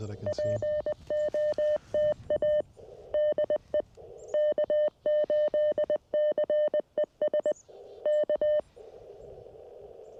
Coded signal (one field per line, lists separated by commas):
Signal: Morse code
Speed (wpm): 20 wpm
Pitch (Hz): 600 Hz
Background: none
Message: POTA DE K8CES K